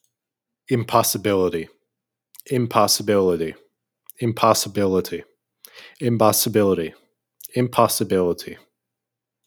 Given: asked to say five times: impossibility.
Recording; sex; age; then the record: repeated word; male; 20 to 29 years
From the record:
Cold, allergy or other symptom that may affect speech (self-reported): no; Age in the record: 20 years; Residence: Arizona, United States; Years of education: 15